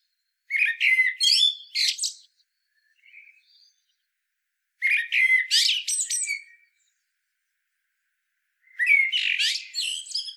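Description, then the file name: Common blackbird singing three short phrases at roughly four-second intervals, each a quick fluted warble topped by a shrill twittering flourish, with a few faint notes after the first. "Turdus merula"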